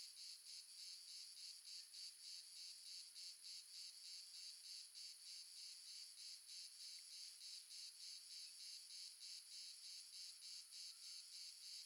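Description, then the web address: Cricket chorus of many insects, shrill pulsing chirps repeated roughly three times per second throughout, even and unbroken. Multiple crickets, ambience recorded in the south of France. "Red Sonic - Crickets and Frogs amb crickets multiple south france"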